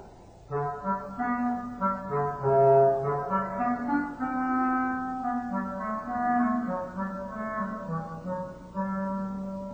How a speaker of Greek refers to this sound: Το κλαρινέτο κάνει τη γάτα.